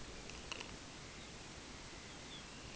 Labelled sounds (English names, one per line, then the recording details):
Dunlin
Lapland Longspur
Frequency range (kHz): Lapland Longspur 2.6-4.5 kHz
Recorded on Arctic tundra, site UTQI-5, on 14 June 2019
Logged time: 14:00